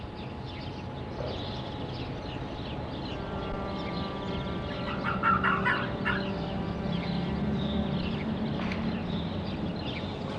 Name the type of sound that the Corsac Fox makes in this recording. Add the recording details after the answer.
barking. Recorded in captivity. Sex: male. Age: adult. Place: Zoologisches Institut der HUB, Berlin, DE. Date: 1966-04-05 12:45. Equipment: Uher 4000 Report Monitor, Sennheiser MD 421, Transistorverstärker 2. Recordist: Tembrock, Günter